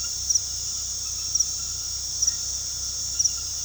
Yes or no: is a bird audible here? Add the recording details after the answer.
no. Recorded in pastures near Puerto Asís, Putumayo, Colombia, on 19 February 2024 at 22:00. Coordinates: 0.486, -76.323. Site G6462